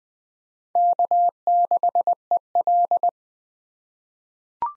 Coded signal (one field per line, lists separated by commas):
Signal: Morse code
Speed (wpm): 20 wpm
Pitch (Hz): 700 Hz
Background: none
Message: K6EL